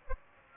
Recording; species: mosquito wingbeat signal from an infrared sensor; Aedes aegypti